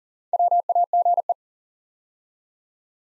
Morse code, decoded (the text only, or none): WAGE